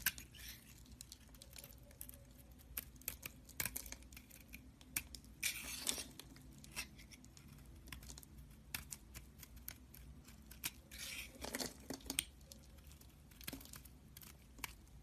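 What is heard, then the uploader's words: Soap carving: frequent sharp scraping clicks and brief shaving swipes near 6 and 11 seconds, over a low steady hum. This episode of the White Noise Podcast is SOAP CARVING.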